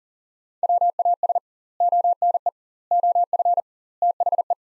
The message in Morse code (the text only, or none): WAS ONE OF THE